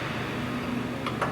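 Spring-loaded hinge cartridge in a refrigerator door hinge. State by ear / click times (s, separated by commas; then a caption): seated / 1.1 s. A hinge bracket is placed upside down on the square top of a spring-loaded hinge cartridge in a refrigerator door hinge and turned to spring-load it over steady background noise. A short, sharp click at 1.1 s marks the cartridge locking in place, confirmed as seated.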